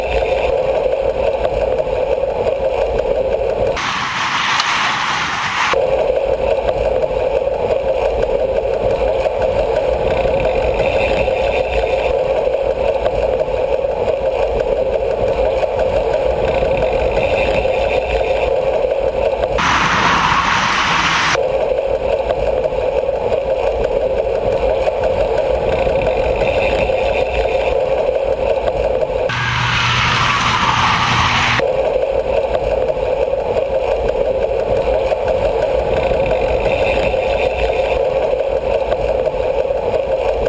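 Crowd and road noise at a criterium bike race, a steady dense wash with a constant mid-pitched hum and a thin high whine throughout. Three brief, bright whooshing bursts break through, around 4, 20 and 30 seconds in, like the pack sweeping past.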